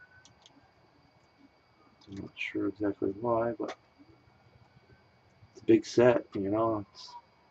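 A builder pushes a stubborn plastic brick assembly of the display stand or removable top into the stand or hull of a large LEGO Star Wars Executor Class Star Destroyer 10221 ship model. Two faint ticks sound near 0.2 and 0.5 seconds while someone talks. Nothing has seated or clicked yet.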